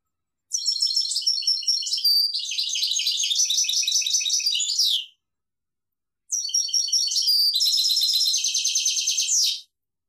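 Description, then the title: European goldfinch song in two long runs of rapid, liquid twittering and buzzy trills, separated by a short silence. "Chant Chardonneret"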